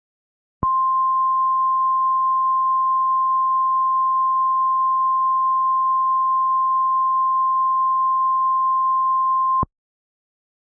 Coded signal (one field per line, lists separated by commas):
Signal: Emergency Alert System (SAME) tones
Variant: 1050 Hz attention tone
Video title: ASH FALL: [EAS Volcanic Disaster Scenario]